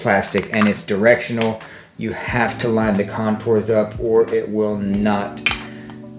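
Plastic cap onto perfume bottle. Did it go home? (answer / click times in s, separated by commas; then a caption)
partly / 5.9 s. A light, cheap plastic cap is lined up by its contours and pushed onto a perfume bottle while someone talks, and it gives only a weak click at 5.9 s. The cap doesn't click well into place, just like the other one.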